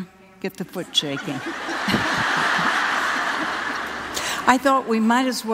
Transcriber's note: laughter